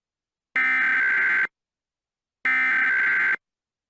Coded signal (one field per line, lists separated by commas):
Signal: Emergency Alert System (SAME) tones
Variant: header bursts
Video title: (EAS Remake): 2021 National Periodic Test